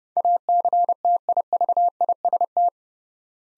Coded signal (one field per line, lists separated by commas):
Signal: Morse code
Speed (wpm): 29 wpm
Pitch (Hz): 700 Hz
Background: none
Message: ACTIVIST